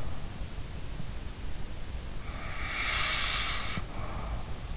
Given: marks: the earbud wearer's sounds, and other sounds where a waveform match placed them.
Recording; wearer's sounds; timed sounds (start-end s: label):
sounds in sleep by an in-ear microphone; breath
2.29-4.44 s: breath